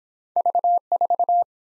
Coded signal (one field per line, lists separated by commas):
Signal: Morse code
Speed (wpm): 24 wpm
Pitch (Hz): 700 Hz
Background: none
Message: V4